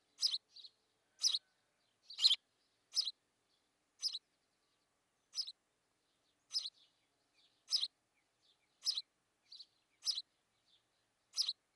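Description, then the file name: House sparrow calls, sharp chirps repeated at uneven intervals, roughly one per second, with faint softer notes in between. "Passer domesticus"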